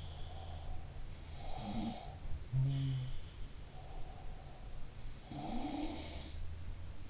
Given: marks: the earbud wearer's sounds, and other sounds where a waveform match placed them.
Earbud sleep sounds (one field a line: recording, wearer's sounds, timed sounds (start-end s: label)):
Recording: sounds in sleep by an in-ear microphone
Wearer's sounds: breath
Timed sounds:
0.15-2.31 s: breath
1.46-3.21 s: sound from someone else or the room
3.74-6.31 s: breath
5.10-6.53 s: sound from someone else or the room